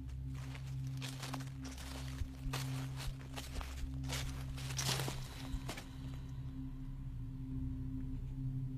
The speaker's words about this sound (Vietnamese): Chúng nó thấy những tiếng bước chân dẫm sột soạt, như đang có rất nhiều người đi quanh đây vậy.